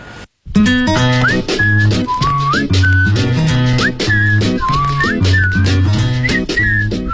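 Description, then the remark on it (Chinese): A weather presenter on Beijing Youth Radio whistles a lively melody, the clear, high notes sliding and gliding between pitches over a steady, rhythmic musical backing with a pulsing bass line. “口哨吹得不错呀。”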